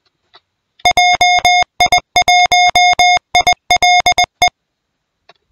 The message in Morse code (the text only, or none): JI1ILE